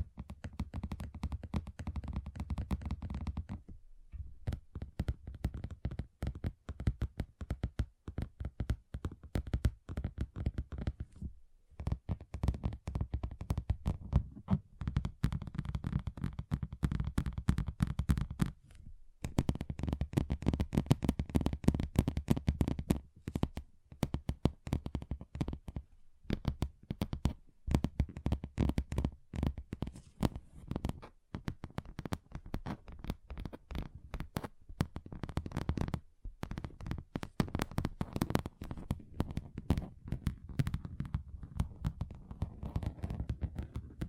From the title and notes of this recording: ASMR Relaxing Table Tapping Different Surfaces (No Talking).